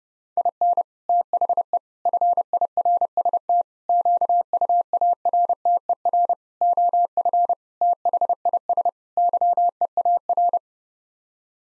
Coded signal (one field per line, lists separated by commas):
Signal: Morse code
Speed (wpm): 32 wpm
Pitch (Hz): 700 Hz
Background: none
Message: IN THE FIRST QUARTER OF THIS YEAR